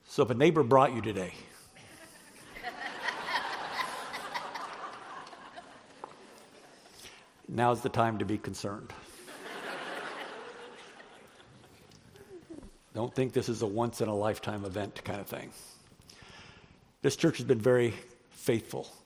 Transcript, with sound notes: So if a neighbor brought you today (Laughter!) now is the time to be concerned. (Laughter!) Don’t think this is a once in a lifetime event kind of thing. This church has been very faithful.